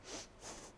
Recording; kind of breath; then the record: one breath in and out by a microphone near the nose and mouth; strong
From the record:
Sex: female